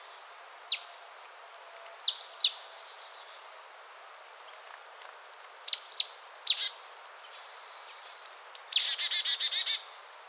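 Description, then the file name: Marsh tit giving sharp, downslurred high notes singly and in small groups, ending with a longer, rapid, buzzy chattering series. "Poecile palustris"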